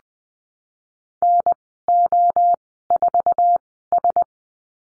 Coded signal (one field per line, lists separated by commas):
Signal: Morse code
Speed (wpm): 20 wpm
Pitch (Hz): 700 Hz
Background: none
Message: NO4S